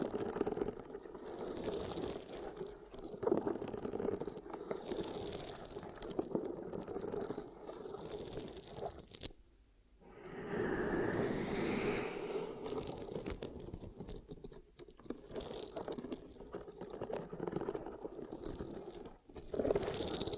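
Ear cupping triggers: dense, rustling, muffled crackles and rubbing that continue almost without pause, with a steady low hum underneath. Quick crunchy, scratchy bursts recur every second or so. Just after nine seconds everything drops to near silence for about a second before resuming.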